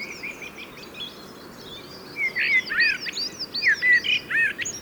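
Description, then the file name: Common blackbird song: fluted warbling phrases tumbling over one another in the second half, with high thin twitters. "Turdus merula"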